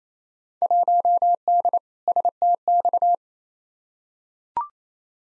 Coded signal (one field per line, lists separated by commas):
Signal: Morse code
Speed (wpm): 27 wpm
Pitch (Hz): 700 Hz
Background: none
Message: 1D STX